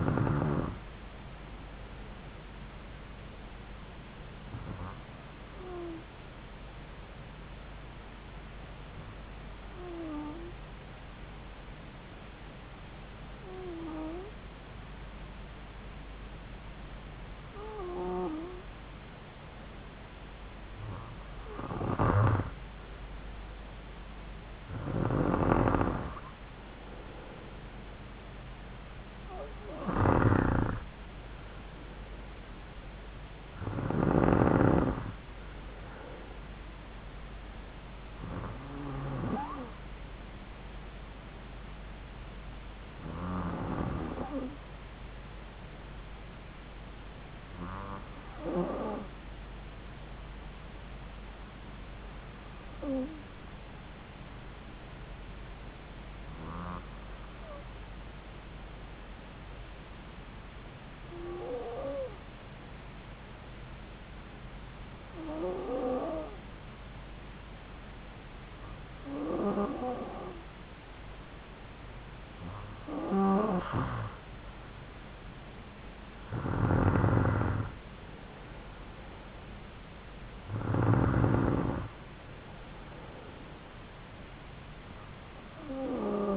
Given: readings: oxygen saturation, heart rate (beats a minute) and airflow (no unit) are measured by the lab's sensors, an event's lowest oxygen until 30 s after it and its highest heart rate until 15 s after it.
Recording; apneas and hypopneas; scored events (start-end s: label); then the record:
breathing in sleep by a voice recorder at the bedside; 2
6.00-24.20 s: hypopnea (N2, oxygen 95% highest, then 92% lowest)
57.00-74.40 s: hypopnea (N2, oxygen 95% highest, then 92% lowest)
From the record:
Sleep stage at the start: N2 (light sleep); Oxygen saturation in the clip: 92 to 95%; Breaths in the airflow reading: 20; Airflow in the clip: -3.6 to 3.7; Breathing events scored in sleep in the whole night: 270 in 6.1 hours asleep